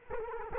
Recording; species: mosquito wingbeat signal from an infrared sensor; Culex quinquefasciatus